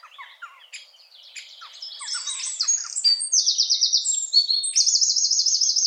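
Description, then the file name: Eurasian wren song starting with soft twitters, then swelling into loud, high, ringing trills and shrill rapid phrases that keep going to the end. "Troglodytes troglodytes"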